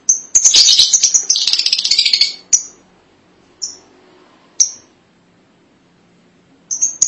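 Lovebird chattering: a burst of rapid shrill chirps, then a few widely spaced sharp squeaks and a brief chatter at the end.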